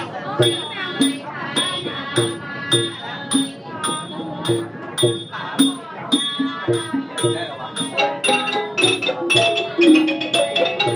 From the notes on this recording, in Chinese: 厦门石室禅院，药师如来